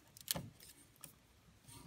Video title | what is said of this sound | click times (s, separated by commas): Building a Computer Guide - Part 3 | snug should snap in place | 0.3 s